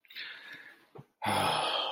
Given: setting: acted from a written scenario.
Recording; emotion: vocal sound without words; ecstasy